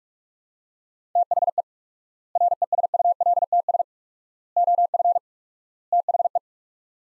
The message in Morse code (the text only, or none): THE RESULTS OF THE